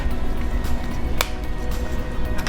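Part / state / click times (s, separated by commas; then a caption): key fob battery cover into fob housing / seated / 1.2 s. After a new CR2032 coin cell is fitted in a Lexus key fob, the plastic halves of the case are pressed back together, setting the battery cover into the fob housing. A sharp snap at 1.2 s marks the case seating shut, followed by a fainter tick near 2.5 s over steady background music.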